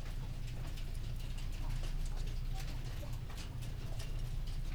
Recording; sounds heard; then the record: poultry house recording; healthy chickens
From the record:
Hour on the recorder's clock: 19